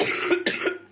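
Two quick, harsh cough bursts about half a second apart from an adult man, each with a sharp onset that fades quickly. Both are dry, short expiratory coughs with no wheeze or rattle between them. The room has a slight echo.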